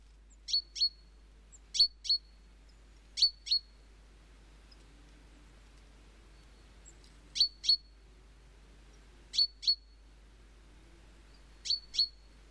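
Great tit calls: six pairs of sharp, high notes with a bright ringing tone, repeated every few seconds with one longer pause, over quiet background hiss.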